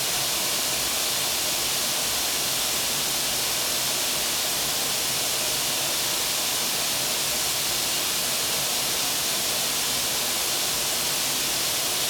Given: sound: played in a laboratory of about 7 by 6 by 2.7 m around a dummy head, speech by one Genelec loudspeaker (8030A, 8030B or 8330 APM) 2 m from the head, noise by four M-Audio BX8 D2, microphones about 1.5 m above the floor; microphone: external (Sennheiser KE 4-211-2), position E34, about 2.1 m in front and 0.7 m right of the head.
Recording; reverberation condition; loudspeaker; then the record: white noise; high; four, about 170 cm from the corners of the room and facing them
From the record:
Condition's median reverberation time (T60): about 1300 ms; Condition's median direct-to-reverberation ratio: about -4.0 dB